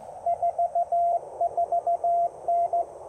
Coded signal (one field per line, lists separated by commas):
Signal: Morse code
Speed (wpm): 19 wpm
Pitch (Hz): 690 Hz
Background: radio noise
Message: 44N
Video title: Unmatched QRP Performance: POTA Activation with the Ten-Tec Argonaut VI!